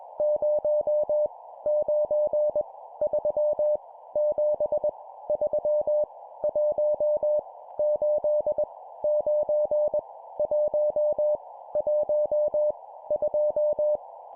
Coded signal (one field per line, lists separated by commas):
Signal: Morse code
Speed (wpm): 21 wpm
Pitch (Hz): 600 Hz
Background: none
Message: 0 9 3 7 3 1 8 9 1 1 2